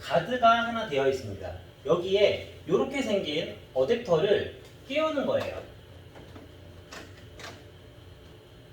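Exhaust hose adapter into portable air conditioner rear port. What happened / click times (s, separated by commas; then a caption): Plastic adapter being fitted, not yet seated / none. A plastic exhaust hose adapter is lined up with the rear opening of an HY-S600 portable air conditioner and slid in part way before being pressed home, while a man talks for the first five and a half seconds. After that, only faint handling sounds remain, with a brief knock at about 6.9 s. Nothing has clicked or seated yet.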